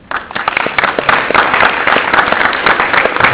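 An audience at a weblogs conference applauds steadily, a dense crackle of many hands clapping at once, loud and sustained throughout with no voices over it.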